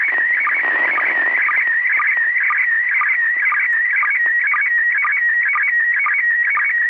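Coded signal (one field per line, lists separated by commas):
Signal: SSTV (slow-scan television)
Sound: warbling, chirping tone shifting in pitch, with short low sync blips twice a second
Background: radio static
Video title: ISS SSTV decode Part1! 30° elev.! 1/12/2021! 18:44MEZ (17:44UTC)!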